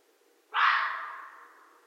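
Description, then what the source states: Red fox letting out a single strong, harsh call with a crisp onset and a long decaying tail. Recorded 13 January 2012.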